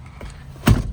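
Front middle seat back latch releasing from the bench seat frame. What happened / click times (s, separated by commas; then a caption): The seat latch released and the seat back came forward / 0.7 s. On a GMC Sierra, the strap release on the front middle seat is pulled, and the seat back latch lets go from the bench seat frame. A faint tap at about 0.2 s is followed by a loud thunk at 0.7 s as the latch releases and the seat back comes forward to fold down.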